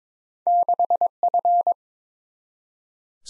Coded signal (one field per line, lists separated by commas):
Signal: Morse code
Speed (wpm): 22 wpm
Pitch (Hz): 700 Hz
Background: none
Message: 6F